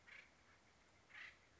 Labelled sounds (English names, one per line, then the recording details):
Acorn Woodpecker
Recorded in Sonoma County, California